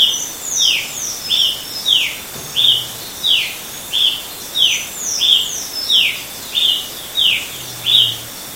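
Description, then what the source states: Brazilian tanager: bright, clipped call notes repeated more than once a second, with thin higher chirps behind. Recorded in Itatiaia National Park, Brazil, at 6 am; date given as 10-1-14; recordist A. Silveira.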